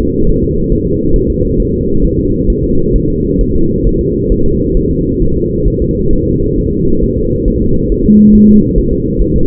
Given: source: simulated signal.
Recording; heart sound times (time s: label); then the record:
fetal heart sounds
0.01 s: S2
0.29 s: S1
0.44 s: S2
0.72 s: S1
0.87 s: S2
1.16 s: S1
1.30 s: S2
1.60 s: S1
1.74 s: S2
2.05 s: S1
2.19 s: S2
2.50 s: S1
2.64 s: S2
2.96 s: S1
3.10 s: S2
3.41 s: S1
3.55 s: S2
3.87 s: S1
4.01 s: S2
4.32 s: S1
4.46 s: S2
4.77 s: S1
4.91 s: S2
5.22 s: S1
5.36 s: S2
5.68 s: S1
5.82 s: S2
6.13 s: S1
6.27 s: S2
6.58 s: S1
6.73 s: S2
7.03 s: S1
7.18 s: S2
7.48 s: S1
7.62 s: S2
7.92 s: S1
8.06 s: S2
8.35 s: S1
8.50 s: S2
8.78 s: S1
8.93 s: S2
9.22 s: S1
9.36 s: S2
From the record:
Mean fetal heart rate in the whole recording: 135 bpm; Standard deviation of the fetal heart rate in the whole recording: 3 bpm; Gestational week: 36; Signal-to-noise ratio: -16.4 dB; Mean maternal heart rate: 72 bpm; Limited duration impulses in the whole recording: present